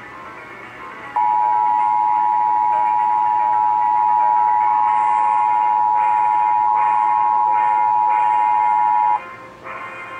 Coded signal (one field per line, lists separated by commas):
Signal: Emergency Alert System (SAME) tones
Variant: 853 and 960 Hz attention tone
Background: music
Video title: 2nd WJLP RWT (EAS #4)